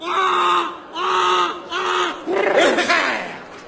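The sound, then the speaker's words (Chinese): A man's voice imitates a donkey braying: three loud, sustained nasal 'aah' calls in a steady rhythm, then a final longer cry that wobbles up and down in pitch. “你怎么学驴呀、啊？”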